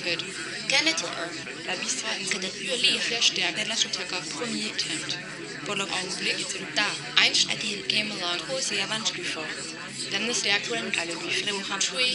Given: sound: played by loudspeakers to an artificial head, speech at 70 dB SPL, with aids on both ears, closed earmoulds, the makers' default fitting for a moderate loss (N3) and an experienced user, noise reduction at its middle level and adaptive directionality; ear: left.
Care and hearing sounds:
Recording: speech test signal (ISTS) in cocktail-party noise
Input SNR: -3 dB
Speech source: in front (0 degrees)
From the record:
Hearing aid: class 1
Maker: B

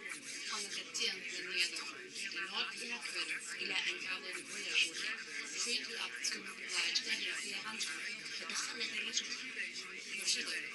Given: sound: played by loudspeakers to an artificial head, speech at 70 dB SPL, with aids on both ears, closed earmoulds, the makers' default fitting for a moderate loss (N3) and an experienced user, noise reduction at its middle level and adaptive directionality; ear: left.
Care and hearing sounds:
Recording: speech test signal (ISTS) in cocktail-party noise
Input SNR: -3 dB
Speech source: on the right (90 degrees)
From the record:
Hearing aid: class 2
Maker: H

